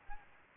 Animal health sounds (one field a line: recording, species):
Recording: mosquito wingbeat signal from an infrared sensor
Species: Aedes aegypti